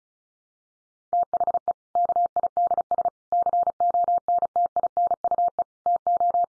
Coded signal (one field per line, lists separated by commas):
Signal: Morse code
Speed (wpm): 34 wpm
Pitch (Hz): 700 Hz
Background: none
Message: THE KIDS CONTINUE TO